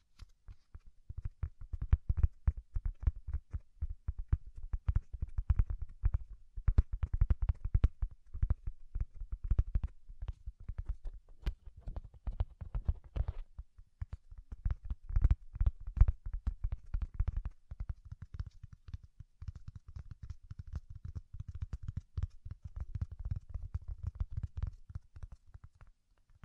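Soft, fluffy ear-tingle triggers: dense, rapid rustling and tapping strokes that continue without a break. Each stroke is a muffled, low thump with a faint crisp edge above, and the rhythm stays busy and uneven throughout, with slightly fuller bursts around the middle.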